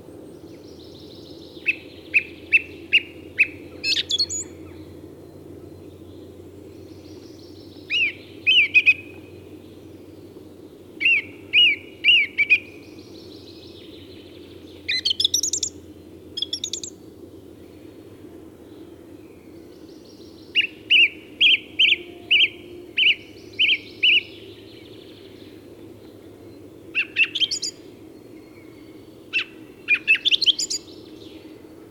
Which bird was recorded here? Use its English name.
Song Thrush